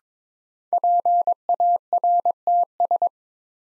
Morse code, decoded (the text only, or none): PARTS